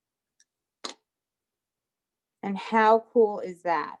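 A metal jump ring on a stamped-metal ornament hanger is twisted back so its open ends meet, and it gives a sharp click as it closes at 0.8 seconds, after a faint tick at 0.4 seconds. The ring is seated closed, and after a pause someone talks.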